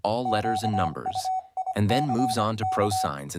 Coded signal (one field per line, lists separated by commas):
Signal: Morse code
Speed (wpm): 25 wpm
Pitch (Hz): 750 Hz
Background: speech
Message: QUICK